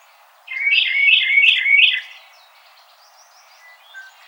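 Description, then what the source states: Carolina Wren: four rich, rolling whistled phrases in quick succession, then fainter high twittering notes in the background. Recorded on 4 January 2007.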